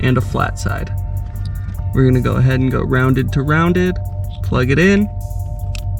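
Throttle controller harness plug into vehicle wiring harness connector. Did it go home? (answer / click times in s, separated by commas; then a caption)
yes / 5.7 s. Someone talks over background music while pushing a Pedal Commander throttle controller's harness plug, matched rounded side to rounded side, into the vehicle wiring harness connector of a 2017 BMW X5M. A sharp little click at 5.8 s shows the plug is fully seated.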